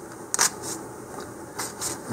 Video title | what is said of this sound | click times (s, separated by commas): Estes "Ghost Chaser" model rocket assembly | should be able to hear and feel it click into position when it locks. There it goes. | 0.3 s